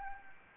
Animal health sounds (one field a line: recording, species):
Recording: mosquito wingbeat signal from an infrared sensor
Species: Anopheles gambiae